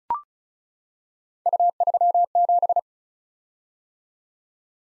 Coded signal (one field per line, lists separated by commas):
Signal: Morse code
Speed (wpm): 36 wpm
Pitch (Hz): 700 Hz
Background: none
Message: U37